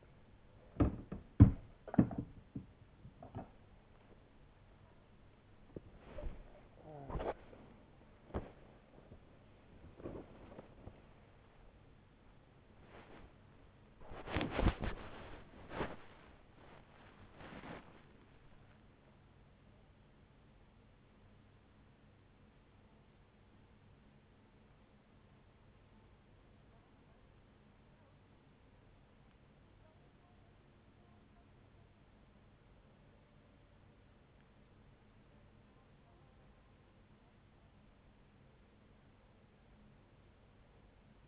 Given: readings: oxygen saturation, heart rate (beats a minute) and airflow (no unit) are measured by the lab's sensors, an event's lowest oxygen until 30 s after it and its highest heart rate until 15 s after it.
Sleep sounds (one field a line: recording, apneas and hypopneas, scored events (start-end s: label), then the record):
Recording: a person awake in a sleep study, by a voice recorder at the bedside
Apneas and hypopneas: 1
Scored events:
0.00-41.27 s: awake
3.00-34.10 s: hypopnea (scored as awake, oxygen 98% highest, then 95% lowest, heart rate 85 at the start, 94 highest)
From the record:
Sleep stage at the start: awake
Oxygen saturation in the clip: 96 to 98%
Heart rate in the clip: 63 to 94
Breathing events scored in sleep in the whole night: 35 in 6.9 hours asleep